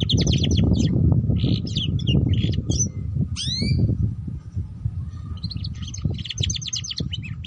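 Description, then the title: Canary song: bursts of fast, rattling high trills and a few clear whistled notes, broken by short pauses, over steady low rumbling noise and a faint continuous hum. Belgian canary breed; recording used to warm up canaries and stimulate their singing, and as a lure for canaries learning the ngeriwik song style. "Canto Para Esquentar Canário Belga. Suara Kenari Belajar Bunyi Ngeriwik || Cocok Untuk Pancingan Kenari Ngeriwik"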